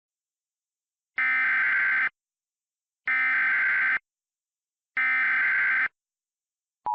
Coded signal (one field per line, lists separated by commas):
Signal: Emergency Alert System (SAME) tones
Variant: header bursts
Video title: EAS Remake: Rockingham, NC Tornado Warning